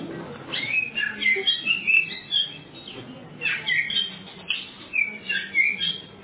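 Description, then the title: Oriental magpie-robin song: a continuous jumble of scratchy, chattering notes and short whistles, pulsing in rapid phrases throughout. "suara kacer"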